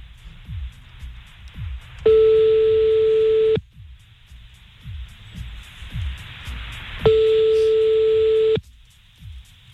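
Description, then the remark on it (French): Two long, steady telephone ringback tones, each about a second and a half, sit at a mid pitch with a pause between them, over a hissy phone line with faint clicks. “Bah oui, mais vous avez pas répondu, je vais être obligé de vous rappeler, monsieur.”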